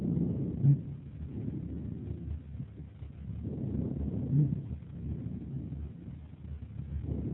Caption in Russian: Пациента, страдающего фиброзно-кавернозным туберкулезом легких. Справа. Над симметричным участком грудной клетки, в зоне проекции крупной туберкулезной каверны, отчетливо выслушивается амфорическое дыхание.